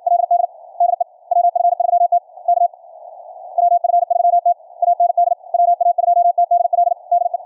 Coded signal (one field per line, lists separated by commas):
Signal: Morse code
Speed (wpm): 52 wpm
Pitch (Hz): 700 Hz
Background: radio noise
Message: LD DE WF3T K WF3T AND WA2TDL DE